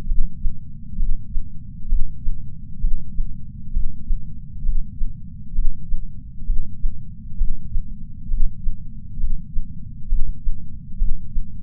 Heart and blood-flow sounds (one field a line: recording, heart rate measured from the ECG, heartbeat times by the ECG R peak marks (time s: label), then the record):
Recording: heart sounds by patch sensor on the chest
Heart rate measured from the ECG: 66 bpm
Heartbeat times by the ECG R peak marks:
0.09 s: heartbeat
1.00 s: heartbeat
1.90 s: heartbeat
2.82 s: heartbeat
3.74 s: heartbeat
4.66 s: heartbeat
5.56 s: heartbeat
6.47 s: heartbeat
7.39 s: heartbeat
8.31 s: heartbeat
9.22 s: heartbeat
10.10 s: heartbeat
11.00 s: heartbeat
From the record:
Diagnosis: coronary artery disease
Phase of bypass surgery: preoperative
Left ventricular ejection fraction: 62.1%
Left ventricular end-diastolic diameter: 45 mm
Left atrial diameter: 40 mm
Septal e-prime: 8 cm/s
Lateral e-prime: 10 cm/s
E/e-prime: 5.6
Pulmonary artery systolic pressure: 22 mmHg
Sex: male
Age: 60 years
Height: 170 cm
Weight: 67 kg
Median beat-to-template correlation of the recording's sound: 0.93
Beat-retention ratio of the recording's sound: 1.00